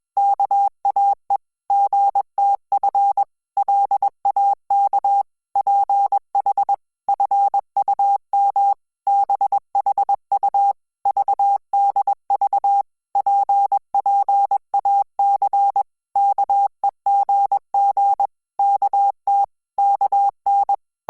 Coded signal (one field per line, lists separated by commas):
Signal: Morse code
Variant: Korean alphabet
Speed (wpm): 21 wpm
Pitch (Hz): 800 Hz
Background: none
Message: 와 선 공 주 님 뒤 를 쫓 았 어 요